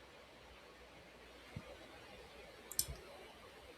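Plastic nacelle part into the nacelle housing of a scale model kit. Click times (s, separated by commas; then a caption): 2.7 s, 2.8 s. A plastic warp nacelle part of an NX-01 Enterprise scale model kit is pressed into the notches of its nacelle housing. After a quiet stretch with a faint low bump near 1.6 s, two quick, sharp plastic clicks ring out at 2.7 s and 2.8 s as the part snaps fully into place and is seated.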